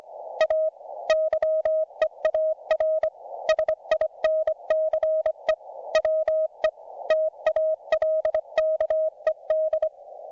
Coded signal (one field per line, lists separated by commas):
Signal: Morse code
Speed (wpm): 25 wpm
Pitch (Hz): 630 Hz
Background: none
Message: A YEAR SINCE WE TALKED